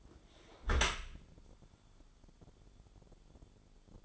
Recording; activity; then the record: daily activity, microphone in the room; close dishwasher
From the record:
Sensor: 5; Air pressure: 1015.1 hPa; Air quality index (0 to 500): 168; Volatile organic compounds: 5 ppm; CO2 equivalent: 1816 ppm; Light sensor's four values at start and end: 38/92/38/41 and 39/93/38/42